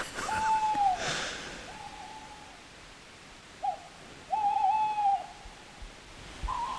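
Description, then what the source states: Tawny owl hooting: several level, sustained hoots, each under a second, with short pauses between them, faint higher tones and a brief rustle. Several owls calling intensely at night beside a steep-sided wooded stream in Ashdown Forest; territorial calls, signalling that the listeners are in their territory.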